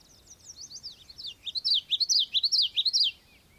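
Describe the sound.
Bird song: a rapid run of high, looping whistled notes that swoop up and down, growing louder through the phrase.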